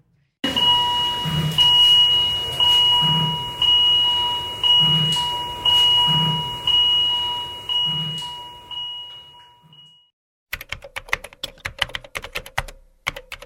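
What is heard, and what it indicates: A steady two-tone electronic alarm pulses about once a second for some ten seconds and slowly fades, followed by a burst of irregular clicking. This is a vital signs monitor alarm in a Spanish intensive care unit during the COVID-19 pandemic; the monitor beeps when a patient has an arrhythmia, oxygen drops or breathing stops.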